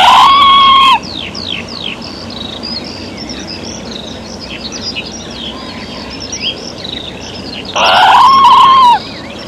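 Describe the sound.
Red squirrel giving a drawn-out cry at the start and again near the end, with chirping songbirds between.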